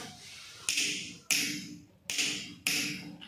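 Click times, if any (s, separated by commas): 1.3 s, 2.1 s, 2.7 s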